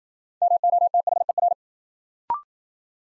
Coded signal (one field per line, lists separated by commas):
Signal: Morse code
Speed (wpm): 52 wpm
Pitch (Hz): 700 Hz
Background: none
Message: MOTHER